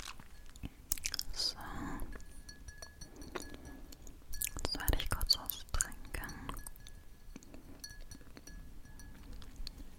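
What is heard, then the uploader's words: Eating and mouth sounds: wet chewing and small clicks come in bursts around the second and fifth-to-sixth seconds, with quieter smacking between. A faint clink and brief voice-like sounds appear, over a low steady hum throughout. Eating Sounds & Mouthsounds.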